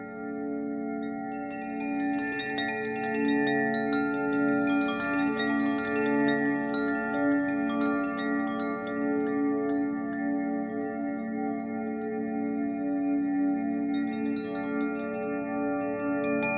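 Wave chimes ring in a dense, steady wash of overlapping sustained tones, with light bright tinkles scattered throughout and no pauses.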